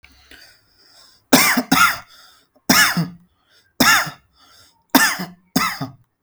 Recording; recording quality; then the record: heavy voluntary cough; excellent, no background noise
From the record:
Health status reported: healthy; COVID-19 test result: negative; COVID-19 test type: RT-PCR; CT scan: not taken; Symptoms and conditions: none ticked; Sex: male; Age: 33 years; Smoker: no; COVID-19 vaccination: one dose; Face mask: not worn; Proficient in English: yes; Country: India